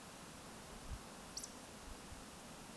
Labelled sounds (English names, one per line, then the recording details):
Eurasian Woodcock whistle
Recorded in Baden-Württemberg, Germany, on 16 May 2020 at 02:34 UTC
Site 46190, 1214 m above sea level